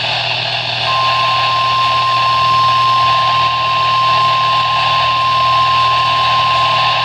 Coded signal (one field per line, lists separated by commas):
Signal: Emergency Alert System (SAME) tones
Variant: 1050 Hz attention tone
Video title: WXK97...Being Nice today are we? | EAS Alerts from 6/30/24 | EAS#803-807